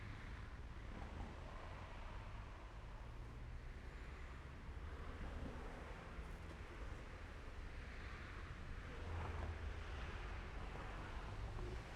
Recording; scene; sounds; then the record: everyday scene through a hearing-aid microphone; in traffic; traffic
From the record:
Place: main road on the outskirts, rush hour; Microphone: behind the ear, left, rear